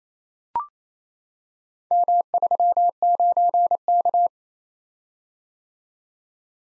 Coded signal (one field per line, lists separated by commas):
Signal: Morse code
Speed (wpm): 28 wpm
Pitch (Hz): 700 Hz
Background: none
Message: M39K